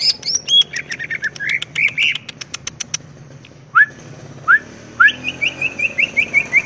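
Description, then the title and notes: Greater green leafbird song: rapid ticking and chattering notes, then spaced rising whistles and a run of repeated chirps over a low hum. Vigorously singing (gacor) bird, described as melodious and used as a master recording for training other greater green leafbirds; song described as ngentrok with raised crest (jambul nembak). "Cucak Ijo Gacor Ngentrok Jambul Nembak. suara burung cucak ijo gacor, merdu cocok buat masteran burung cucak ijo"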